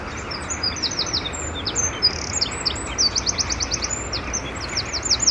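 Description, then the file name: Eurasian wren song: shrill, fast notes running into rapid rattling trills in the second half, high against a low background rumble. "Troglodytes troglodytes"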